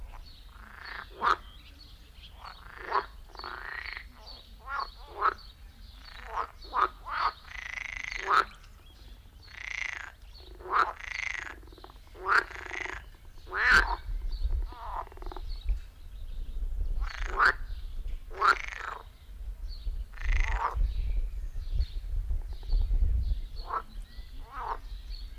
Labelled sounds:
Edible Frog (Pelophylax esculentus) call

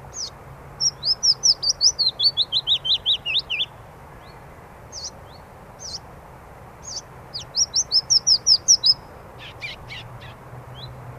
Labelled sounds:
Willow Warbler (Phylloscopus trochilus) song

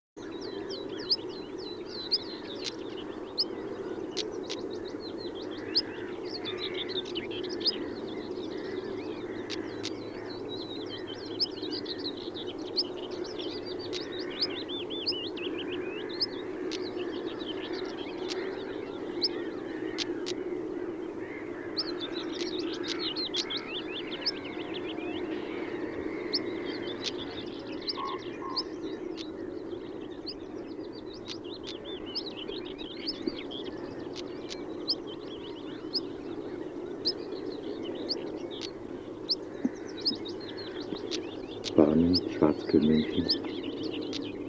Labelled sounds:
European Stonechat (Saxicola rubicola) alarm call

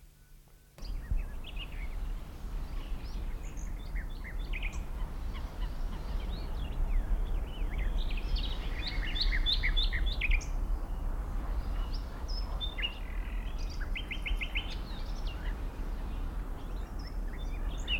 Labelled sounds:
Common Nightingale (Luscinia megarhynchos)

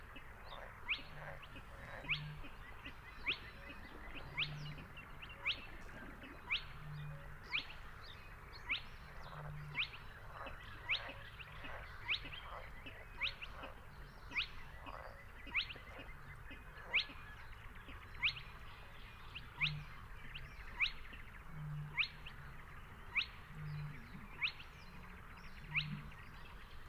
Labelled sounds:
Spotted Crake (Porzana porzana) song

